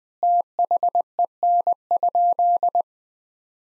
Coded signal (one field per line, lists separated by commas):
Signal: Morse code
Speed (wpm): 20 wpm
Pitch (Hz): 700 Hz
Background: none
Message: THEN?